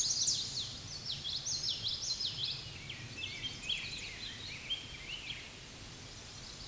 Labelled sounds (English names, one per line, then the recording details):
Common Yellowthroat song
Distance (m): 30 m
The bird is about 5 m above the microphone
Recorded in a Pennsylvania forest on 16 May 2024 at 07:04
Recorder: AudioMoth, point MSD-2453
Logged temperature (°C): 16.3 °C
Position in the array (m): 235 m, 173 m